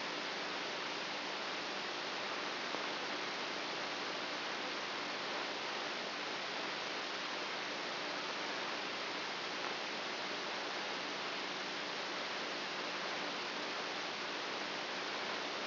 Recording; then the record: brain microelectrode recording played as sound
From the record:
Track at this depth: inside the subthalamic nucleus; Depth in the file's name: 5.64 mm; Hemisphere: right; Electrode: 2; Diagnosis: Parkinson's disease